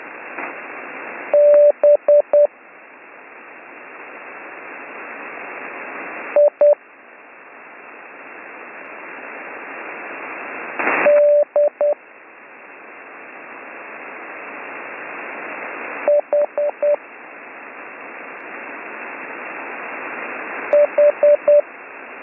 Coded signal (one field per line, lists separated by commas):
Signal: Morse code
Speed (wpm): 9 wpm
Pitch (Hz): 590 Hz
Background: radio noise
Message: B I D H H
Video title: Slow Morse Code Course - Week 3